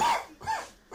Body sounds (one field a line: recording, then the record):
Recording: coughing mixed with background sound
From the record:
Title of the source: Spring Cold Coughing 2